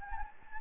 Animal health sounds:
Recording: mosquito wingbeat signal from an infrared sensor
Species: Anopheles gambiae

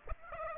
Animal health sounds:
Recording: mosquito wingbeat signal from an infrared sensor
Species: Aedes aegypti

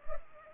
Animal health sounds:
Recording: mosquito wingbeat signal from an infrared sensor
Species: Culex pipiens

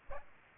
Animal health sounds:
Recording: mosquito wingbeat signal from an infrared sensor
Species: Aedes aegypti

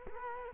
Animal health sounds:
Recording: mosquito wingbeat signal from an infrared sensor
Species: Culex quinquefasciatus

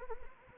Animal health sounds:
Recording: mosquito wingbeat signal from an infrared sensor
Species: Anopheles arabiensis

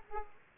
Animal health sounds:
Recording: mosquito wingbeat signal from an infrared sensor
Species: Aedes aegypti

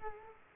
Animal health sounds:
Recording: mosquito wingbeat signal from an infrared sensor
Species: Culex quinquefasciatus

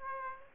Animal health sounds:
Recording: mosquito wingbeat signal from an infrared sensor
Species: Aedes aegypti

